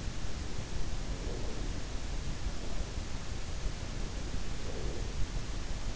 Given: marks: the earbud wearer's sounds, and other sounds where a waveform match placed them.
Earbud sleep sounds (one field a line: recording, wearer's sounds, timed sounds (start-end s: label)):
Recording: sounds in sleep by an in-ear microphone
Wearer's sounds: breath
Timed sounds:
0.36-2.95 s: breath
3.53-5.96 s: breath